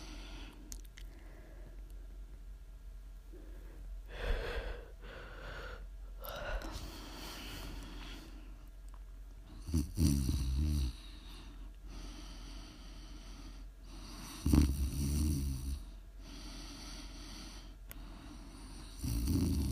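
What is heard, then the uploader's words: Snoring and heavy breathing, with loud snorting breaths around 5, 10, 15 and 19 seconds, each rough and rasping with a low rumble. Between them, quieter wheezy inhales and exhales continue over a steady low hum. Please enjoy some prime ASMR snoring.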